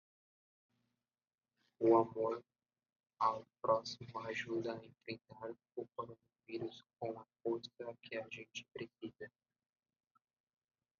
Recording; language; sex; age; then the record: spoken sentence; Brazilian Portuguese; male; 20 to 29 years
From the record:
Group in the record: control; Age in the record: 23 years